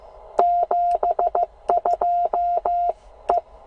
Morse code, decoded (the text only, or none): 72E